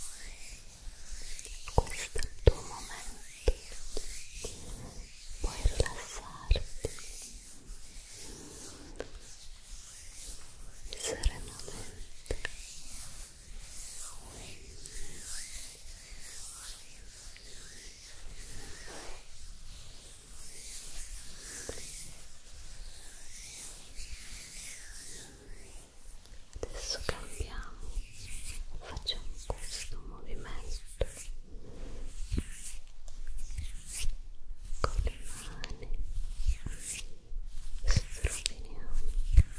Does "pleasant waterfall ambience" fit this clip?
no